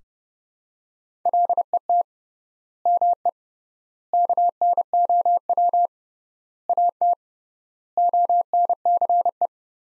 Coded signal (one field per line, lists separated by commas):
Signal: Morse code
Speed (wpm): 30 wpm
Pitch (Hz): 700 Hz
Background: none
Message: LET ME KNOW AT ONCE